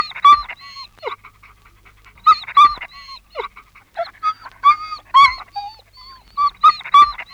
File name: Angstig janken van een hond - Beeld en Geluid